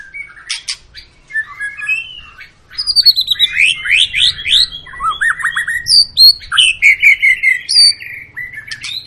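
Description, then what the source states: White-rumped shama song, mixing high sweeping whistles and fast repeated slurred notes in a lively, varied sequence. Long, lively (gacor) lure song to make birds sing.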